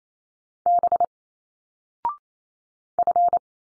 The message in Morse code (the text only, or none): B F